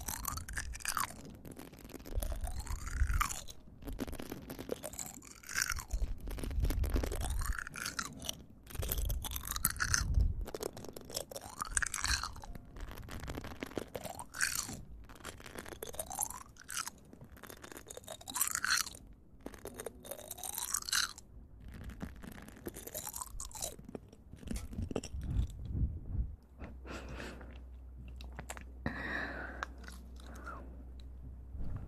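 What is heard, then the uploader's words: Ear eating: wet mouth sounds, crunchy and chewing-like, come in dense, uneven bursts about every second or two, with sliding squelchy swoops between them. Around the last six seconds the sounds thin out over a low steady hum. Relaxing Ear Eating.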